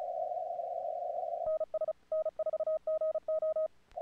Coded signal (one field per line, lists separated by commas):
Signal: Morse code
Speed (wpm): 34 wpm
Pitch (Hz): 1260 Hz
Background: radio noise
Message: NS N4GO